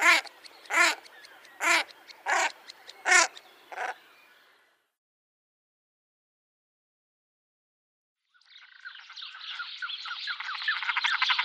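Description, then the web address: Common shelduck giving six loud, nasal calls less than a second apart, then silence, then a fast, rasping chatter that grows louder. "Schulze Peter Common Shelduck"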